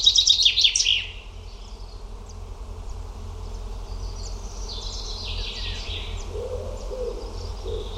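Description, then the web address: Bird song: a brief, loud burst of rapid high notes in the first second, then only faint chirps and a steady low background hum. "cianscape birddata Deverinetal 2025 File origin Bird Only"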